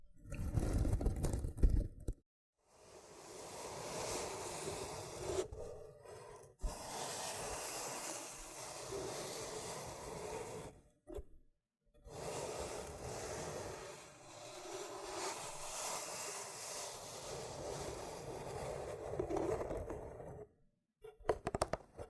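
A loofah is rubbed and scraped in long, dense, hissing strokes, steady in texture with a bright, gritty edge. Brief pauses of silence break the rubbing around 2, 6.5, 11 and 20.5 seconds. Louder thumping bursts open the clip, and sharp crackles return near the end.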